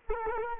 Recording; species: mosquito wingbeat signal from an infrared sensor; Culex quinquefasciatus